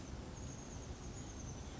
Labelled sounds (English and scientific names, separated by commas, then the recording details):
Oak Titmouse (Baeolophus inornatus)
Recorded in Sonoma County, California